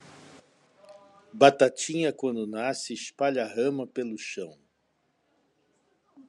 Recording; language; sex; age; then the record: short text; Brazilian Portuguese; male; 60 to 69 years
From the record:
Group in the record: control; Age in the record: 60 years